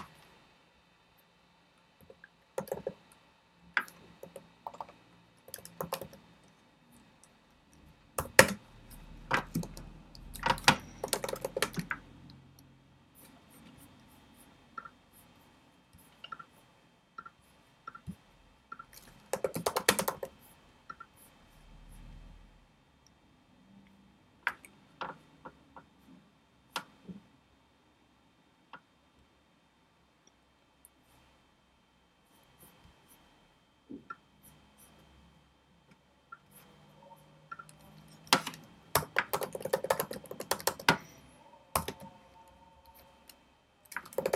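Studying with pencil and computer: scattered keyboard taps and clicks, with denser bursts of scratching around ten, twenty and forty seconds over quiet hiss.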